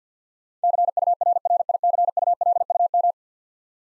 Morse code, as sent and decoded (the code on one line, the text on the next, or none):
-.-. ..- .-. .-. .. -.-. ..- .-.. ..- --
CURRICULUM